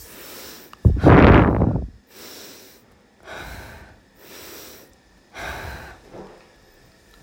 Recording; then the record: deep breathing after running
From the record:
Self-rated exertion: moderate exertion (3 of 6); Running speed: 7 miles an hour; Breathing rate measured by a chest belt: 33 breaths a minute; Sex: female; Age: 30 years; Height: 160 cm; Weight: 51 kg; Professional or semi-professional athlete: no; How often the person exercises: 3 to 5 times a week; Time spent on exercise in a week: over 5 hours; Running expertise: no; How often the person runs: 3 to 5 times a week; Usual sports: running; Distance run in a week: 60 km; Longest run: 42 km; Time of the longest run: 267 minutes